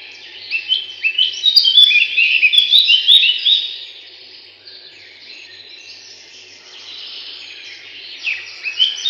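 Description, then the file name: Eurasian blackcap song, a dense scratchy warble of rapid notes for about four seconds, then quieter chattering that swells again near the end. "славка черноголовая"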